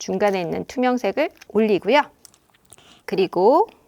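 A woman talks while handling the parts of a Venturi oxygen mask: she lifts the clear middle piece, and the green plastic Venturi diluter connector is brought toward the mask's oxygen tubing. Between her words there are a few small, soft plastic handling ticks. Nothing has seated or clicked yet.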